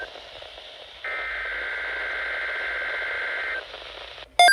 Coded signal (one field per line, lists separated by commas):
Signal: Emergency Alert System (SAME) tones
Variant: header bursts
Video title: Severe thunderstorm warning and tornado watch EAS#29-30 part 1